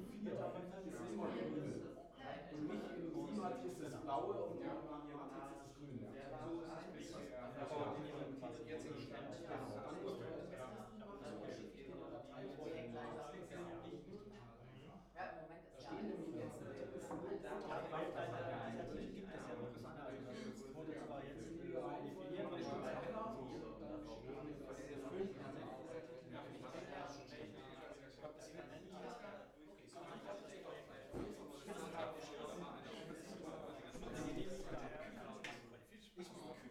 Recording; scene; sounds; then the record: everyday scene through a hearing-aid microphone; many people talking; many voices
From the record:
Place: bistro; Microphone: behind the ear, right, front